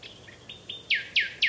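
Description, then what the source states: Common Nightingale song: a few soft, high chips and a thin whistle, then three loud descending notes repeated roughly every quarter second. Singing at dawn on 3 May 2020, International Dawn Chorus Day, in Kent, England, near a home; recorded from a distance with a parabolic reflector; described as endangered.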